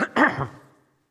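A single harsh adult male cough with a brief throat-clear onset, fading quickly in a small room.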